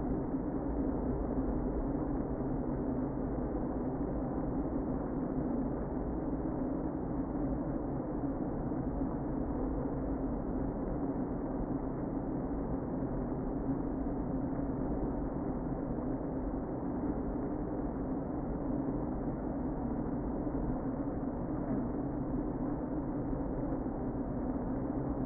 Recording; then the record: honeybee colony, microphone inside the hive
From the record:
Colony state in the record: queen present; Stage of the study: before two queens were removed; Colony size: about 60,000 bees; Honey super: yes